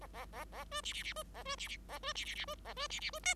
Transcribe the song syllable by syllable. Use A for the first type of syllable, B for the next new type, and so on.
A A A A B C C C B A B C C A B C C C B A B C C B D